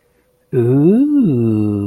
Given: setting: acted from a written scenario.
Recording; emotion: vocal sound without words; ecstasy